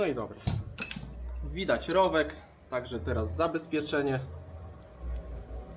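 A mechanic handles a metal retaining clip (circlip) for the groove on a fork leg while reassembling the suspension of a Yamaha DT 125R / TDR 125 motorcycle. Someone talks throughout, with brief sharp handling sounds near the start. Nothing has seated or clicked yet.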